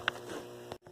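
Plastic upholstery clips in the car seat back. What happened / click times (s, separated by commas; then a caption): Plastic clips popped out of their holes / 0.1 s, 0.7 s. Plastic upholstery clips in the seat back of a 2011 Suburban leather seat are popped out to release the seat-back cover so the piece can be taken out. Sharp plastic pops are heard at 0.1 s and 0.7 s over a low steady hum, and the clips come free.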